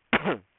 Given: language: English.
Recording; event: throat vibration sensor signal played as sound; cough